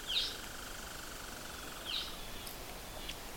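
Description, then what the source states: Red-eyed Vireo giving two harsh complaining notes, with faint background hiss and a few clicks near the end. In fall, still present before migrating; not singing, just a funny, strange sound like a complaint.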